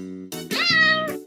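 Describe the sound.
Cat gives a single plaintive meow, bending upward then sliding down, over a steady low humming drone with short bursts of noise before and after.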